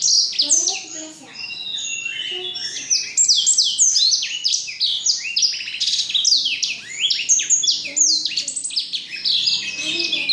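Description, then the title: Black-throated canary song, a fast, continuous high-pitched warble of twittering trills and sweeping chirps with barely a pause, dipping briefly softer near one second. Bird from Jombang, described as excellent. "Burung blackthroat Istimewa dari Jombang"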